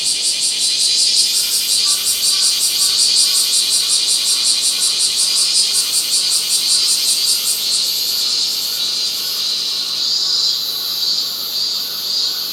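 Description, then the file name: Bear cicada: an intense, shrill, rapidly pulsing buzz held steady, easing briefly before surging again. "kumazemi"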